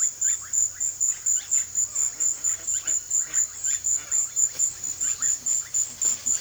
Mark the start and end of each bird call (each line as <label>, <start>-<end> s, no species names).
bird call, 0.00-6.40 s